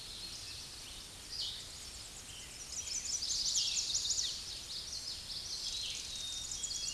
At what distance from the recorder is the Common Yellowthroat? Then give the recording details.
about 40 m. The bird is about level with the microphone. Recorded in a Pennsylvania forest on 16 May 2024 at 08:14. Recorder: AudioMoth, point MSD-2257. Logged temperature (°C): 16.0 °C. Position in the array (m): 222 m, 185 m